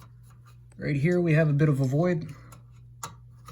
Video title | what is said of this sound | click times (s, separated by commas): How to Install Outside Mount Blinds - 2.5" Wood Faux | just line it up snap it in and the number of these you need | 3.0 s